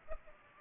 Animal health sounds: mosquito wingbeat signal from an infrared sensor; Culex pipiens

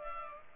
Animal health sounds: mosquito wingbeat signal from an infrared sensor; Culex pipiens

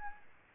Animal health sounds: mosquito wingbeat signal from an infrared sensor; Aedes albopictus

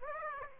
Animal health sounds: mosquito wingbeat signal from an infrared sensor; Aedes aegypti

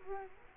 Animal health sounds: mosquito wingbeat signal from an infrared sensor; Culex quinquefasciatus

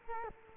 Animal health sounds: mosquito wingbeat signal from an infrared sensor; Culex quinquefasciatus

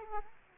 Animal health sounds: mosquito wingbeat signal from an infrared sensor; Aedes aegypti

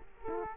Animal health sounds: mosquito wingbeat signal from an infrared sensor; Culex quinquefasciatus

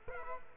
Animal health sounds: mosquito wingbeat signal from an infrared sensor; Culex quinquefasciatus

